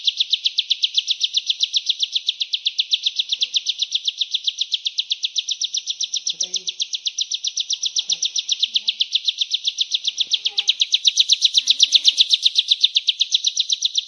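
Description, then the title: Ciblek gunung song, a loud buzzy trill of rapid notes, held steadily through the whole stretch with faint low clicks underneath. "Suara ciblek gunung"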